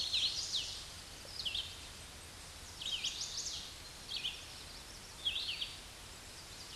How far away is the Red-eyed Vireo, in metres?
about 35 m